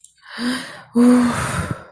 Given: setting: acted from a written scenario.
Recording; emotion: vocal sound without words; relief